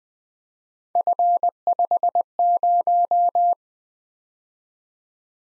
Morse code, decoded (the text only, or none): F50